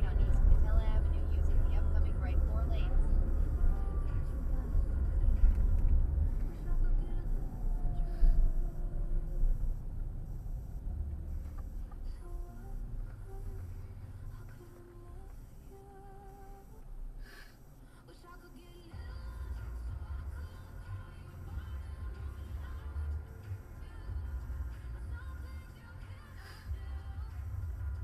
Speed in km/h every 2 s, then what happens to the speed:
53, 47, 40, 31, 21, 11, 3, 0, 0, 0, 0, 0, 0, 0.
0-13 brakes to 0. 13-28 standing.